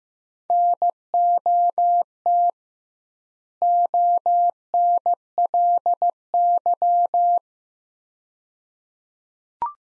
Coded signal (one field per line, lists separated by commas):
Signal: Morse code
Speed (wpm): 15 wpm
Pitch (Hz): 700 Hz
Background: none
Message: NOT ONLY